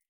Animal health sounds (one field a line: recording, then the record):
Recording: hydrophone in a shrimp aquaculture tank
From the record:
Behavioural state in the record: feeding